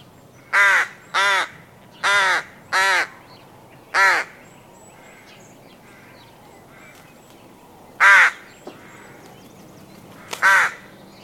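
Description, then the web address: Rook giving harsh, raspy caws, two pairs in quick succession then single calls spaced a few seconds apart, each a short grating burst over quiet background. Adult rook calling. "Sound Effects-BBC Rooks"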